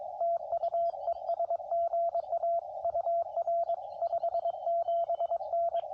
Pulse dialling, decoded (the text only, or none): none